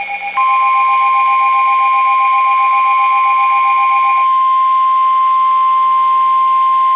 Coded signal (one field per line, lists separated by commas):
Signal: Emergency Alert System (SAME) tones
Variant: 1050 Hz attention tone